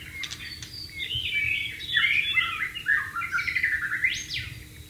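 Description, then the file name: White-rumped shama song: a rich, varied run of whistled phrases sliding up and down, ending with a sharp rising note, over faint low background rumble. Wild bird, recorded in the wild. "suara burung murai batu di alam liar"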